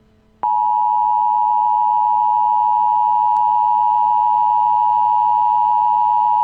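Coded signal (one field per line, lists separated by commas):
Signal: Emergency Alert System (SAME) tones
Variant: 853 and 960 Hz attention tone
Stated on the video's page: Fictional EAS scenario about a blizzard.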